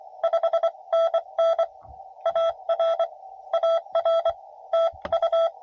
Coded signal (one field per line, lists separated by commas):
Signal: Morse code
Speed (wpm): 25 wpm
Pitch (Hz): 660 Hz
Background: radio noise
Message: 5NN AR AR TU